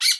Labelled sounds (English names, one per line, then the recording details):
Brown-throated Parakeet contact call
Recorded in Bonaire
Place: just S of turnoff to Cai, near Lac Bay
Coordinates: 12.126, -68.239